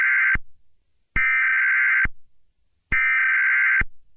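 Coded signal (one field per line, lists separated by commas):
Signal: Emergency Alert System (SAME) tones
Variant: header bursts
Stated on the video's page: Fictional EAS scenario using valid EAS tones, Persona 4 inspired.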